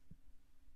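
A roller/pinch clamp on the tubing of a glass enema bucket kit is handled as it is being closed tightly on the tube, which is done so that no water can get through. A soft low thump comes at about 0.1 s over a steady low hum. Nothing has clicked shut yet.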